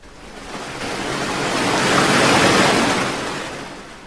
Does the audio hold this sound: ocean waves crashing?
yes